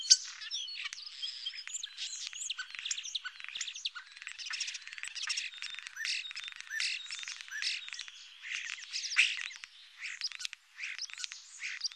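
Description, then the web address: Common starling in a dense, continuous jumble of squeaks, clicks, buzzy notes and short whistles. "Etourneau. sansonnet"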